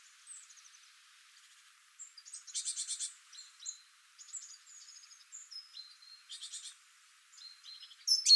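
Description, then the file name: Great tit calls, soft buzzy churrs and thin high notes, with a louder chirp at the very end. "Parus major"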